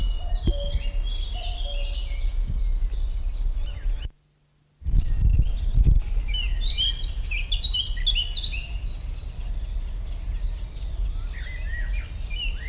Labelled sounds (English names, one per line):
Common Chiffchaff